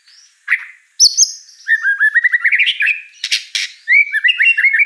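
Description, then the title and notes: White-rumped shama song: sharp whistled notes, then a run of quick rising chirps climbing in pitch, bursts of harsh buzzy notes, and a final series of bright repeated whistles. Lure song (pancingan), vigorous singing (gacor) with rich fill-in phrases (isian mewah). "Pancingan Gacor Murai Batu Bongkar Isian Mewah. Audio Murai Batu Dongfeng"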